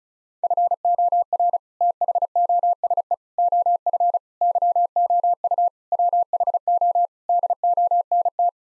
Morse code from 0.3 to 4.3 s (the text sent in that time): FOR THOSE OF